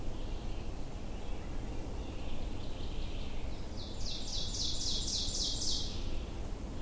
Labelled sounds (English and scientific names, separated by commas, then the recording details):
Ovenbird (Seiurus aurocapilla) song
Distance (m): 30 m
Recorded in boreal forest in Alberta, Canada, on 22 June 2016 at 08:51
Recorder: SongMeter 3, array SBT-6-76
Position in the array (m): 154 m, 117 m
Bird 3